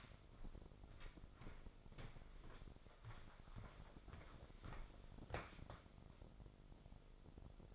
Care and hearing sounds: daily activity, microphone in the room; walk to room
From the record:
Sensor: 5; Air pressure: 995.7 hPa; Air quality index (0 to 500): 103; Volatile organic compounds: 7 ppm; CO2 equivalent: 1972 ppm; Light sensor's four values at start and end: 38/93/38/39 and 37/88/36/37

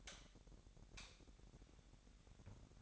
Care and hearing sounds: daily activity, microphone in the room; light off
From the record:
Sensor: 3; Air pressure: 1011.9 hPa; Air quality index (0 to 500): 231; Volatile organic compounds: 5 ppm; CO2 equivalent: 1714 ppm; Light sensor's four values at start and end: 17/44/18/18 and 15/35/15/15

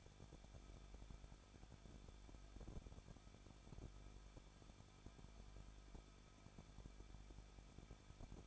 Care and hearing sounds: daily activity, microphone in the room; no activity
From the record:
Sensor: 5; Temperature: 20.8 degrees Celsius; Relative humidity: 38.3%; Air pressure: 1006.6 hPa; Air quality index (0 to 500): 187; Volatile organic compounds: 18 ppm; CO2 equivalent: 2613 ppm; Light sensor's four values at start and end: 2/3/1/1 and 2/3/1/1

